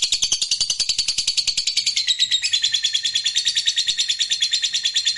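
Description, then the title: Lovebird song, a rapid, unbroken high-pitched buzzy chatter with quick repeated notes, slightly lowering in tone partway through. Used to stimulate a lazy lovebird that sings little into spontaneous, energetic singing. "LOVEBIRD Malas Bunyi JADI GREGET SPONTAN Langsung NARIK"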